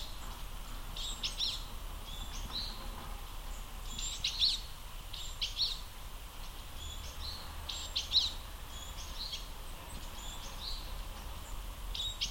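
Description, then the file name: Japanese tit giving faint short high notes in brief phrases, repeated at intervals over steady low rumble and hiss. Recorded at Akasaka on 2 March 2022. "sijuukara 20220302 akasaka"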